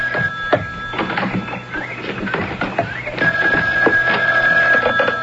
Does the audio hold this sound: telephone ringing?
yes